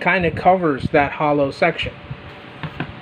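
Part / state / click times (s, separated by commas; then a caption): plastic toy gun into a transforming figure's torso / seated / 2.6 s, 2.8 s. A plastic toy gun is fitted into a transforming figure's torso, where it locks in place and covers the hollow section. Someone talks first, then two sharp plastic clicks at 2.6 and 2.8 seconds mark the gun seating into the figure's body.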